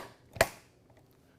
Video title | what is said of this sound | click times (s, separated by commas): Best Food Processors - Kitchen Appliances review 2021 | there's not a quarter turn or anything like that i'll simply be quiet and you can hear it click in place | 0.4 s, 0.9 s